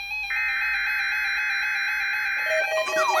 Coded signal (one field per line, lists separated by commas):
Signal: Emergency Alert System (SAME) tones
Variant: header bursts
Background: speech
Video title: EAS Required Weekly Test Minnesota/West Wisconsin NOAA Weather Radio KEC65